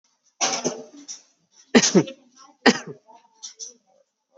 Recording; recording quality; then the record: shallow voluntary cough; excellent, no background noise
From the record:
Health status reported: COVID-19 positive, mild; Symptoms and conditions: cold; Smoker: not ticked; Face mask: not worn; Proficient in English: yes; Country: India